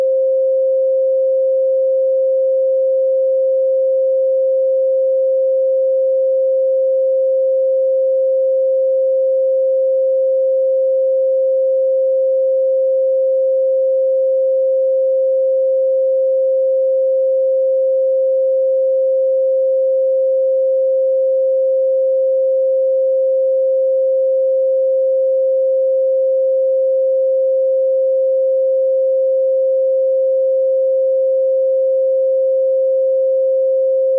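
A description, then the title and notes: A single pure tone at 528 Hz holds perfectly steady for the whole thirty-four seconds. Its pitch and loudness never waver, with no other sounds, breaks or changes anywhere. The tone is smooth and mid-pitched, clean and unbroken. 528 HZ POWERFUL PURE TONE Solfeggio Frequency.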